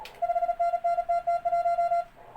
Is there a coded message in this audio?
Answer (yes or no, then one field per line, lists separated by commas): yes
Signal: Morse code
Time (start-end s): 0.2-2.0 s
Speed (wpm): 37 wpm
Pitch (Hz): 690 Hz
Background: none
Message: 5NN TT1